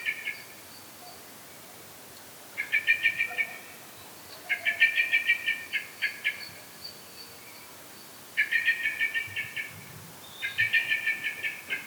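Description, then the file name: Common blackbird giving repeated runs of fast, scratchy chattering notes, five bursts spaced a few seconds apart over a quiet background. "Turdus merula"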